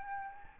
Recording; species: mosquito wingbeat signal from an infrared sensor; Aedes albopictus